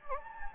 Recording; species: mosquito wingbeat signal from an infrared sensor; Anopheles gambiae